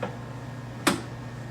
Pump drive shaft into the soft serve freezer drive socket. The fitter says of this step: and fill it snap into place